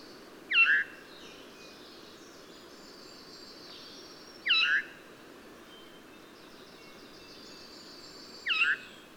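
Bird singing short, hooked whistled notes with a higher accent, three phrases about four seconds apart, over continuous low background noise.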